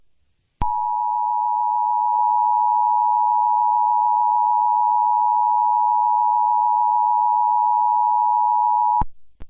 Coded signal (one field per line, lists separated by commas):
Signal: Emergency Alert System (SAME) tones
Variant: 853 and 960 Hz attention tone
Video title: EAS Scenario #26: BEES!